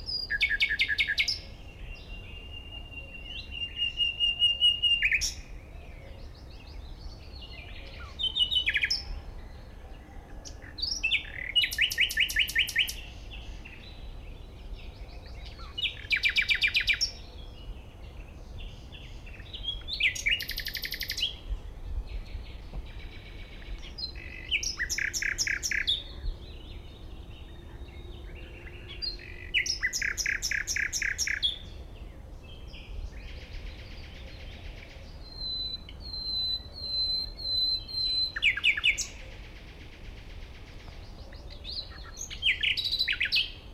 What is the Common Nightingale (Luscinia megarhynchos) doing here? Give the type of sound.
song